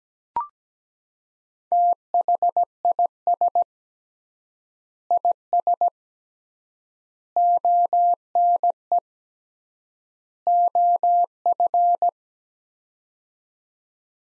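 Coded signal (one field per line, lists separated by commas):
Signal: Morse code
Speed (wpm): 17 wpm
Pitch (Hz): 700 Hz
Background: none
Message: THIS IS ONE OF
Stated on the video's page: Morse practice set of four-word groups at 17 wpm with 3x word spacing, a Farnsworth-like method using words, for head-copy training.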